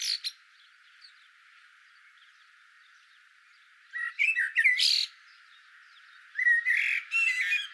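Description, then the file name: Common blackbird song: a brief high note at the start, then after a pause two phrases of fluty whistles ending in thin, squeaky twittering. "Turdus merula"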